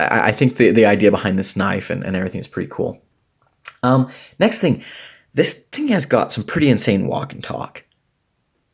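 A Cold Steel Kudu Lite slip joint folding knife is being handled, with its blade working against the backspring toward the detent in its handle; the knife is said to have a very strong walk and talk. Someone talks throughout with a short pause near 3 to 3.7 seconds. Nothing has snapped or seated into place yet by the end of the clip.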